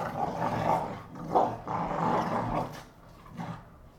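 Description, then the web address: Pit bull snarling and growling in ragged surges, harsh for nearly three seconds, then fading to quieter rumbles. Two pit bulls named Tessa and Bahko recorded fighting. "NS Studios - ultra sound collection animals dogs - Pit bull Tessa Pit bull Bahko fight"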